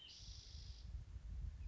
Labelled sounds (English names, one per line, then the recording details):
Spotted Towhee
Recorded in Sonoma County, California